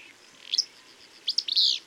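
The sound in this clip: Bird song phrase of a sharp high chirp followed by quick high notes and a short buzzy trill.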